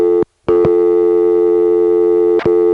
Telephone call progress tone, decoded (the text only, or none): dial tone